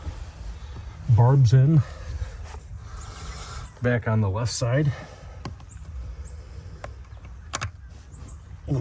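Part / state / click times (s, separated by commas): plastic trim barb clips into the car's interior panel / seated / 7.6 s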